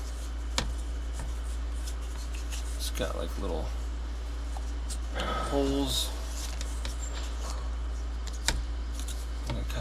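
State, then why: Seated. An old rubber insulation liner with small holes is pressed back into a panel in the cab of a Deere 80C mid-sized excavator while someone talks, with rubbing and handling noises along the way. It snaps into place with a sharp click at 8.5 s and is seated, held in only by pressure.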